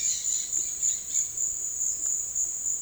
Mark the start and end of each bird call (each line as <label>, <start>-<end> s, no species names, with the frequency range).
bird call (1.1-5.7 kHz), 0.00-1.32 s